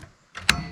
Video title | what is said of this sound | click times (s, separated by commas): Check Hybrid System Warning Light | Then you get a second click. | 0.5 s